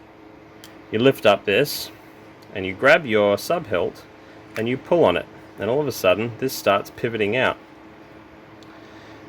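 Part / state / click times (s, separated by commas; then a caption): folding knife blade lock latch in the handle / seated / 8.6 s. Someone talks while the blade of a folding bowie knife is pulled out by its sub-hilt and pivots open, with a low steady hum underneath. At 8.6 s, a short sharp click is heard as the steel locking latch in the handle engages, locking the blade into place.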